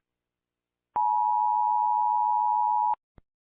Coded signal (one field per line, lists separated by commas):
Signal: Emergency Alert System (SAME) tones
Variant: 853 and 960 Hz attention tone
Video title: Mr Increible perturbado - ESCUCHAS LA ALARMA DE ESTE PAÍS / EAS ALARMS